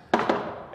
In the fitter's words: back in locked into place.